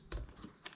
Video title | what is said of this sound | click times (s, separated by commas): How to change your onewheel tire / step by step | and locks into place afterwards there you go | 0.1 s, 0.7 s